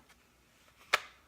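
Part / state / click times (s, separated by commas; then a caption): pistol into appendix holster / seated / 0.9 s. A pistol is pushed into a Kydex appendix holster with its retention tension raised. A single sharp, bright click sounds at 0.9 s, following faint low handling noise. The pistol seats securely in the holster.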